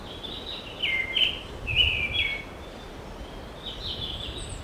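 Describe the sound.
Bird song: a lively run of high, twittering notes, then a softer, thinner phrase trailing off, with light background hiss.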